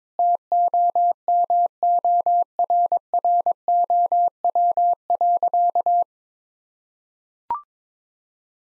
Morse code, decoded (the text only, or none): TOMORROW.